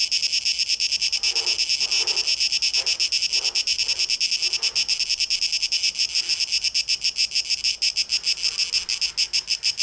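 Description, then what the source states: Cicadas producing a loud shimmering buzz that pulses rapidly, with a few soft rustling bursts beneath in the first seconds. Cicadas, 12 August 2023.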